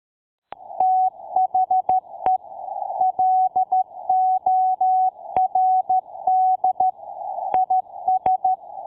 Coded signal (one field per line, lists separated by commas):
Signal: Morse code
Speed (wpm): 13 wpm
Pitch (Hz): 750 Hz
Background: none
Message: THE LORD IS